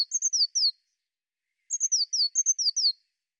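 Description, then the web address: Bird giving two rapid runs of high, falling chirps, the second longer. "cianscape birddata Deverinetal 2025 File cleaned normalized Bird Cy Ca"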